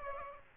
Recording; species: mosquito wingbeat signal from an infrared sensor; Aedes aegypti